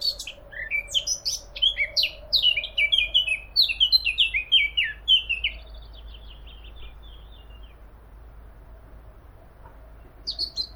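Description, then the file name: Eurasian blackcap giving one rapid, chattering warble, followed by several seconds of quiet, then a brief note at the end. "Sylvia atricapilla"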